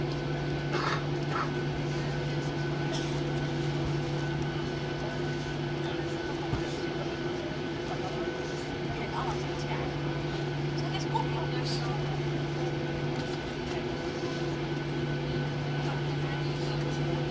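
A Boeing 737-800 at Boa Vista, heard as a steady, unbroken engine drone with a low, constant hum and a few fixed humming tones above it. The level barely changes, with only faint scattered clicks and perhaps murmured voices now and then.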